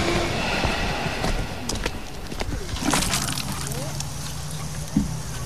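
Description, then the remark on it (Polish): A garden hose runs in a community vegetable, fruit and herb garden with a steady, broad rushing hiss that stays even throughout, with a low rumble underneath and a couple of brief knocks near the end, until the water runs out. “Skończyła się woda.”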